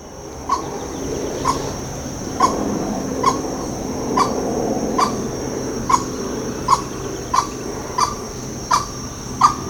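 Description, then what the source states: Grey-cowled wood rail giving soft, short single clucking notes, evenly repeated about once a second over a faint background hiss. Ibirapuera, São Paulo, Brazil, 6 December 2012.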